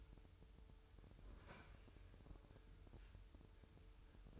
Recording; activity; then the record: daily activity, microphone in the room; open fridge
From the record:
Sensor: 2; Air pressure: 988.3 hPa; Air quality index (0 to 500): 193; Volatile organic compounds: 199 ppm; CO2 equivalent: 4209 ppm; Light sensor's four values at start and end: 21/72/28/27 and 21/72/28/27